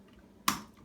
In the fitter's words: I close it halfway push the button you heard it click